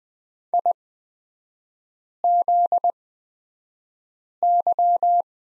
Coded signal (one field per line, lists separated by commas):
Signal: Morse code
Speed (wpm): 20 wpm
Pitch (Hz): 700 Hz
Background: none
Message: IZY